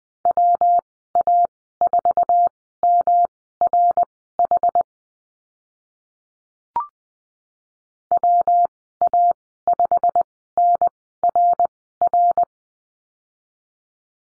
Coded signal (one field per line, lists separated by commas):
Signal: Morse code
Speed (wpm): 20 wpm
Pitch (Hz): 700 Hz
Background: none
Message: WA4MRH WA5NRR